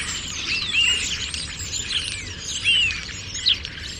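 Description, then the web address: Bird calls: a few high whistled, slurred notes, some sliding downward, scattered over several seconds against a steady hiss of background noise. "Deverinetal 2025. Bird Only"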